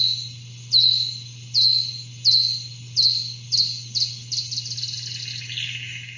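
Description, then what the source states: Eastern red bat echolocation, downward-sweeping clicks spaced under a second apart, then quickening into a rapid run of pulses, with a low hum beneath. Migratory species recorded in Connecticut by microphones placed near bodies of water on forest edges.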